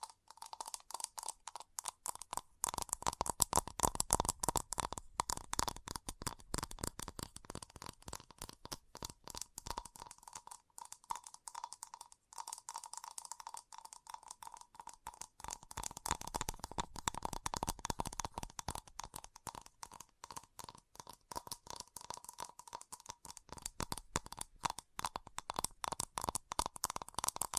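Fast tapping in rapid, dense bursts of sharp clicks, much like quick typing, runs through the whole clip. The taps thin out and soften a little around ten to fourteen seconds, then pick up again. A steady mid-pitched ring hums underneath throughout.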